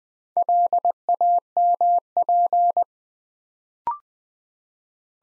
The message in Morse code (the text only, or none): LAMP